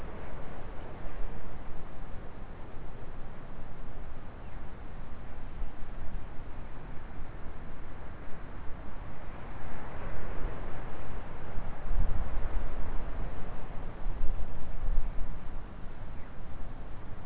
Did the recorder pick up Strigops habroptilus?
no